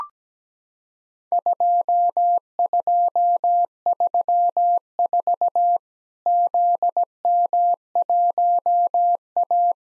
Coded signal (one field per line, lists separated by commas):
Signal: Morse code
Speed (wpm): 17 wpm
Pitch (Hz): 700 Hz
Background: none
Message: 2234 ZM1A